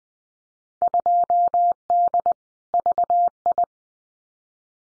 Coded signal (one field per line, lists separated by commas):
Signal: Morse code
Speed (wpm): 20 wpm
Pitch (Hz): 700 Hz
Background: none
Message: 2D VI